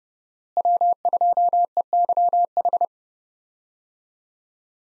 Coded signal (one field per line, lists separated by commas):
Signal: Morse code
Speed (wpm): 30 wpm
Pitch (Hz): 700 Hz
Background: none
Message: W2EYH